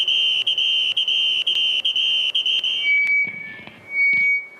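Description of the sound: A piercing high-pitched tone with a faint pulse about once a second gives way to a thinner, steady whistle. This is a simulated tinnitus sound, a high-pitched squealing or whistling that can be unbearable to live with.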